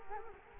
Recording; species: mosquito wingbeat signal from an infrared sensor; Culex quinquefasciatus